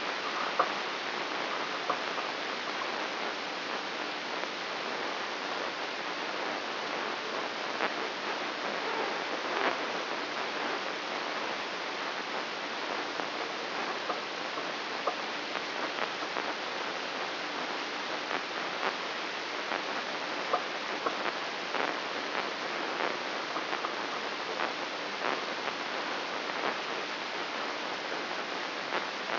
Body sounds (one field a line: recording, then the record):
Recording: brain microelectrode recording played as sound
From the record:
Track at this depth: outside the subthalamic nucleus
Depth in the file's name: 7.26 mm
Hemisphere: left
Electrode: 3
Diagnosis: Parkinson's disease